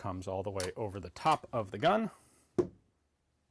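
Someone talks while folding the wire stock of a vz. 61, unlocked by squeezing its hinge, up and over the top of the gun toward the front sight protector wings. A short sharp handling sound comes at about 2.6 s before the clip goes quiet. The stock has not yet snapped into place, and nothing has clicked.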